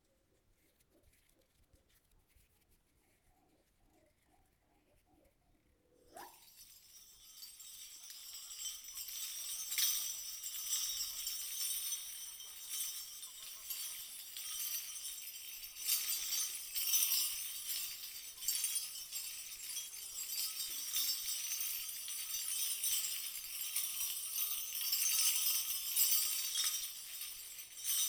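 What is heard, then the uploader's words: Bell-covered reindeer antlers begin jingling about six seconds in, after a nearly silent opening with a brief rising tone. The bright, dense shimmer of many small bells then continues steadily to the end, swelling and thinning in irregular shakes. A pair of bell-embellished reindeer antlers play a central role in creating the soundscape.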